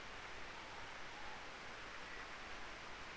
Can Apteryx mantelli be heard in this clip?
no